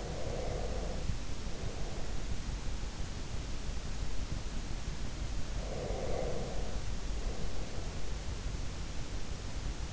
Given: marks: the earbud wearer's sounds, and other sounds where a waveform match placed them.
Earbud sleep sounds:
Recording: sounds in sleep by an in-ear microphone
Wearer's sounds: breath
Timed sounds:
0.00-2.34 s: breath
5.52-8.32 s: breath

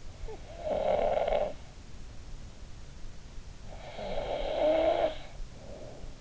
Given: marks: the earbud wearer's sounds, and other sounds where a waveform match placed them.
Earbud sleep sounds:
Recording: sounds in sleep by an in-ear microphone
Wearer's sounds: snoring breath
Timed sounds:
0.08-1.73 s: snoring breath
3.63-6.15 s: snoring breath

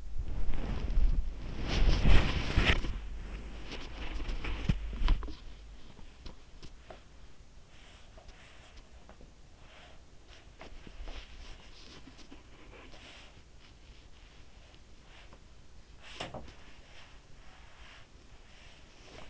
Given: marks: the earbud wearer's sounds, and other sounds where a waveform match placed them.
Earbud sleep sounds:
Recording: sounds in sleep by an in-ear microphone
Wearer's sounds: body movement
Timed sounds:
0.00-19.30 s: body movement

